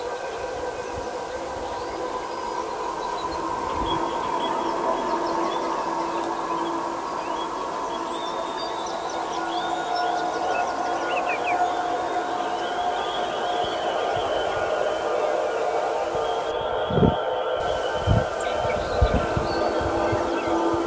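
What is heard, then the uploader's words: Birds chirp and twitter in the background over a steady, dense drone that could be a buzzing bee, holding level for the whole clip. Near the end, around seventeen to nineteen seconds, a few dull low thumps break in. I was recording the birds outside. The stereotypical bucolic english countryside (Somerset). The birds were going mad and there was a bee buzzing around.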